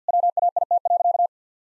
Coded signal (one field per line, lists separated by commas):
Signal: Morse code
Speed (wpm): 50 wpm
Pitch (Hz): 700 Hz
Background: none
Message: WAIT.